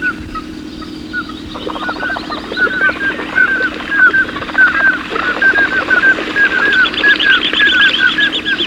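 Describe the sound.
Bird song: after a quiet start, repeated whistled notes build into a busy chorus, with a fast high trill joining toward the end.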